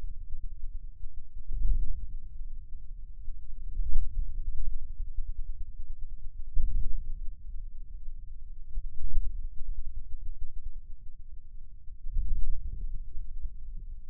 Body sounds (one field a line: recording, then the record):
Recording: forearm muscle sounds (acoustic myography)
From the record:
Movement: hand closing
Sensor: system 2, bracelet of six BSWA MPA416 microphones around the upper forearm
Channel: 5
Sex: male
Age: 22 years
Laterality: right